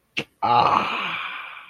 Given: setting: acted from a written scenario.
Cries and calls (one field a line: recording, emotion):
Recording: vocal sound without words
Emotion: pride